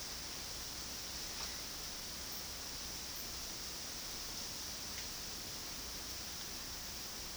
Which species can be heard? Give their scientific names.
none